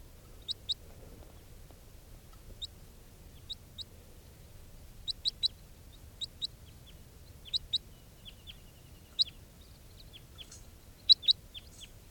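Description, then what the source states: Crossbill calling: sharp, high kip notes given singly and in quick doublets at irregular intervals, with faint softer chips between them. Juvenile crossbill, bird number 431, recorded in captivity just after capture; it had also been recorded in the wild before capture.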